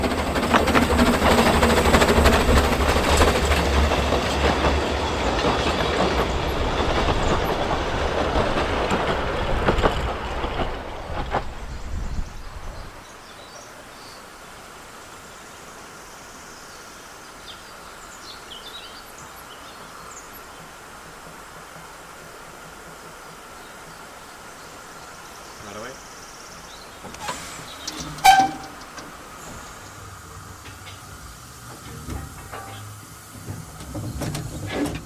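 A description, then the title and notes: On the Talyllyn Railway, a loud rumbling train fills the first twelve seconds, then fades to quiet with faint voices and a sharp knock near twenty-eight seconds. Loco Sounds: Volume 1 - The Talyllyn Railway. Recorded By Luke Ryan. Sound Engineering By Tom Denham. Sounds and environments of the Talyllyn Railway.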